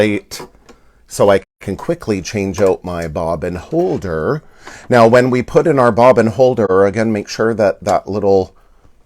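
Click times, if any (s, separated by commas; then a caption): none. Someone talks while handling a bobbin holder (bobbin case) that is going back into the sewing machine's bobbin race, with its notch to sit behind the metal finger. No click is heard, and the bobbin holder has not seated or clicked into place yet.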